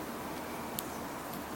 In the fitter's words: make sure you hear the audible click that indicates that it's properly stored there